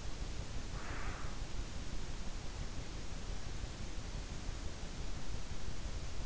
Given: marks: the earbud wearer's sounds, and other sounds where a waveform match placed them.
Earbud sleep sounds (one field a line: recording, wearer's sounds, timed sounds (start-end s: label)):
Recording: sounds in sleep by an in-ear microphone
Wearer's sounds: breath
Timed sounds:
0.70-1.47 s: breath